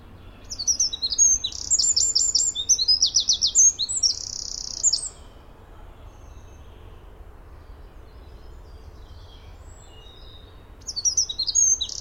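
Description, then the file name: Eurasian wren song: a loud, very high, rapid outpouring of trills and buzzy rattles lasting several seconds, then quiet, and a new burst starting at the end, over low rumble. "Gardsmyg"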